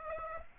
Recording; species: mosquito wingbeat signal from an infrared sensor; Aedes aegypti